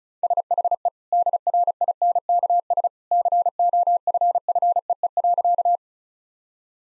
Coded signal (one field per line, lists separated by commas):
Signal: Morse code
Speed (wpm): 36 wpm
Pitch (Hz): 700 Hz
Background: none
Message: SHE DRINKS COFFEE.